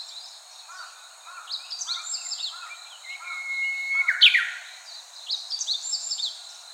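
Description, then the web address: Japanese bush warbler song, a long whistled note followed by an abrupt, explosive flourish, amid a dense chorus of high chirping birds. "birdenaga uguisu"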